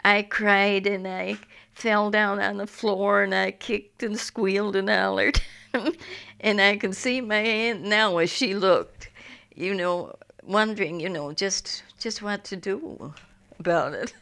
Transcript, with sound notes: I cried and I fell down on the floor and I kicked and squealed and hollered. (she laughs) And I can see my aunt now as she look, you know, wondering, you know, just what to do about it.